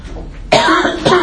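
Two abrupt, voiced cough bursts from an adult after a brief quiet pause; a real, spontaneous cough, turned away while coughing.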